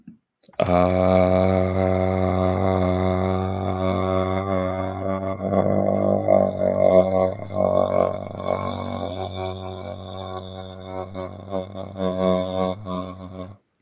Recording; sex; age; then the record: vowel held as long as possible; male; 20 to 29 years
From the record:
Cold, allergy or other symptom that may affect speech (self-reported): no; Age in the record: 26 years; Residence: Wisconsin, United States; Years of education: 16